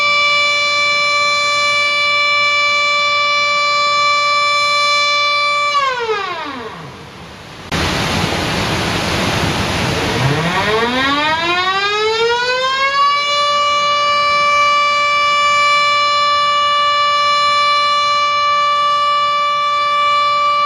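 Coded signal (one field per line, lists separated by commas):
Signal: siren signal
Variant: Japanese dam discharge siren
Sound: steady rich siren wail winds down, brief rushing noise, then winds back up and holds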